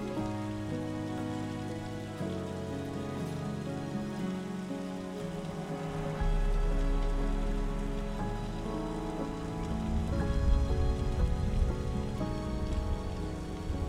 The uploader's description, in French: les sons apaisants d'un orage et d'une pluie douce, accompagnés d'une musique sereine